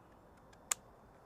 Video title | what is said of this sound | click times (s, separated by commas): Kärcher K2 Pressure Washer UNBOXING & STEP BY STEP FITTING | and that now is locked into place. | 0.7 s